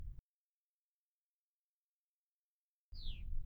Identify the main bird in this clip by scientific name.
Haemorhous mexicanus